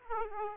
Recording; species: mosquito wingbeat signal from an infrared sensor; Aedes aegypti